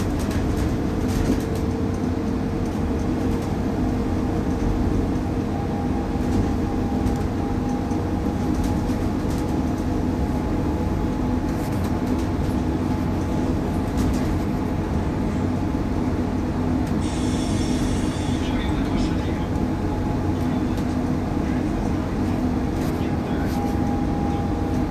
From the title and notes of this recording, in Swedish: Lyssna in Min Bussresa - Lunchtid klockan 11:29.